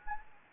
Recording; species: mosquito wingbeat signal from an infrared sensor; Anopheles gambiae